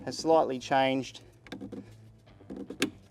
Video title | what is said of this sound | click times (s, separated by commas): Pre-fuel filter on your 70 Series | However, you heard that click, | 2.8 s